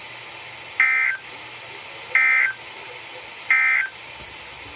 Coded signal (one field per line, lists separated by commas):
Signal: Emergency Alert System (SAME) tones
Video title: EAS 1145-1174 (12/10 & 12/11/21)